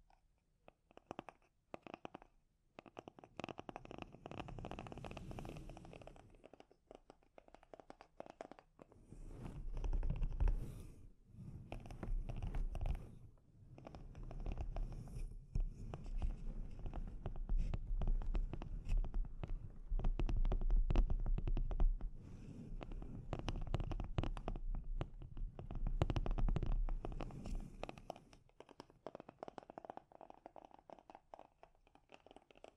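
Soft scratching and light tapping on a microphone, made of dense rapid scrapes and taps that come in waves. The sound swells and eases every few seconds, heaviest around 10, 20 and 26 seconds, with a low rumble underneath and brief quiet gaps between passes.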